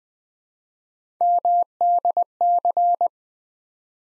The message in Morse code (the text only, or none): MDC